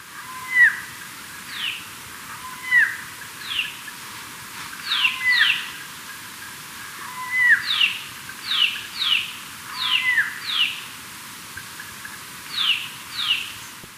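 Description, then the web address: Turquoise jay giving short, harsh notes in bursts and clusters, some doubled or tripled, with small whistled accents. Recorded in Ecuador, South America. "S America Birds of Ecuador Turquoise Jay"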